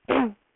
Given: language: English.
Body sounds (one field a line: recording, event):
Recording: throat vibration sensor signal played as sound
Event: throat clearing